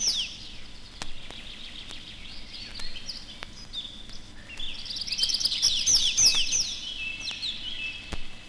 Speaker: Песня лесного конька слышна над лесными опушками и зарастающими сечами.